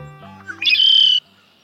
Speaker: The familiar sound of the red-winged blackbird is a reminder of the return of spring.